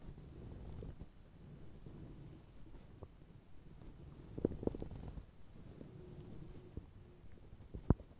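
Low, irregular rumbling and gurgling over about eight seconds, with a few sharper squelching pops and brief tonal groans. These are ordinary bowel sounds of an empty, hungry adult stomach, a normal finding, as a sound effect.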